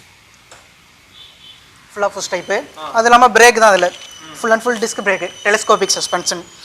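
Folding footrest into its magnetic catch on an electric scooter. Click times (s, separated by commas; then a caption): 0.5 s. On an Okinawa Lite electric scooter, the fold-down footrest is pushed into its magnetic catch and snaps shut with a short click at 0.5 s, seating it in place. After a quiet stretch, someone talks from about 2 s to the end.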